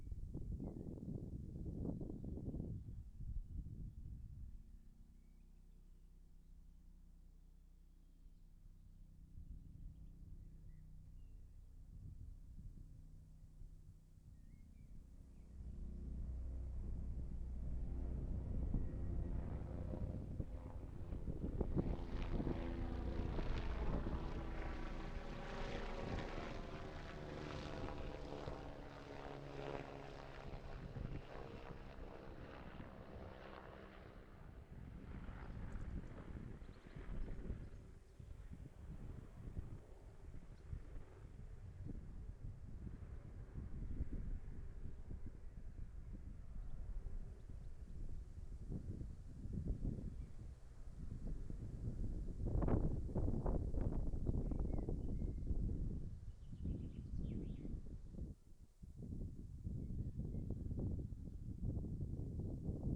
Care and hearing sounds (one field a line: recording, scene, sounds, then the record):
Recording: everyday scene through a hearing-aid microphone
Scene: wind on the microphone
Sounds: wind, low-flying plane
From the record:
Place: in front of a rural house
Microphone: behind the ear, left, front